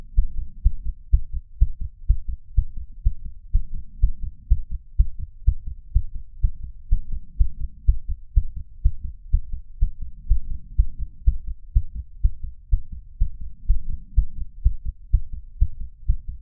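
Deep, muffled heart thumps run at about 125 a minute, mostly steady but with occasional uneven gaps and pauses in the rhythm. A skipping heartbeat, an irregular rhythm with dropped beats.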